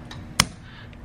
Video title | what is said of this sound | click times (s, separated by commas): 1986 Square Body Chevrolet C30 Dually Turbo LS Swap Project - Part 8 - LS Drive By Wire | out so you hear how it snapped and then popped out | 0.4 s